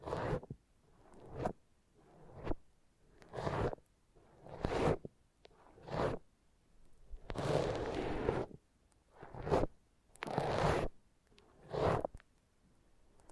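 Foam being rubbed and squeezed in a massage, in repeated strokes about once a second or a bit slower. Each stroke swells to a rough, squeaky rasp and then drops to near silence, with a few longer, louder passes around the middle.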